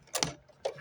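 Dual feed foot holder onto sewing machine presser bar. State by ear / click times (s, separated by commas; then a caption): not seated / none. A Janome AccuFeed dual feed foot holder (the presser foot ankle) is pushed onto the sewing machine's presser bar, giving a few short, sharp taps around 0.15 s, 0.23 s and 0.66 s. It has not clicked or seated yet; the holder is not in place.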